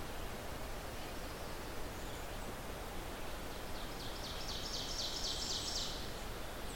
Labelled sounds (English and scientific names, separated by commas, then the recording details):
Ovenbird (Seiurus aurocapilla) song
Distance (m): 80 m
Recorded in boreal forest in Alberta, Canada, on 14 June 2016 at 05:40
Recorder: SongMeter 3, array SBT-3-33
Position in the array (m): 124 m, 22 m
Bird 21